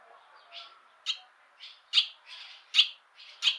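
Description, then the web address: Bird calls: sharp high chips alternate with softer notes in an uneven run of about eight sounds. "Bird Only"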